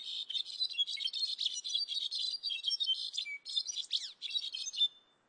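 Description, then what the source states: Brown-backed solitaire singing a fast, ringing stream of bright tinkling notes, with a short slurred whistle and a descending swept note near the end. Second of two songs differing in structure and duration, learned according to where birds grow up, like dialects; sung year-round in high-altitude forests from Mexico to Central America.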